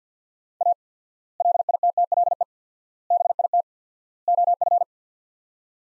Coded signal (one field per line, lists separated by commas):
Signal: Morse code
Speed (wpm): 50 wpm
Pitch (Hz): 700 Hz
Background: none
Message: A LITTLE BIT OF